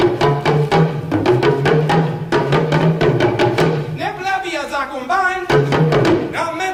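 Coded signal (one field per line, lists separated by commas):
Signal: talking drum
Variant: Dagomba talking drum (luna)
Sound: quick runs of low drum strokes whose pitch bends up and down, brief tonal passage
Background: music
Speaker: if you don't understand the language you don't know that i'm speaking a musical poetry that says something about tradition tradition is given to our grandparents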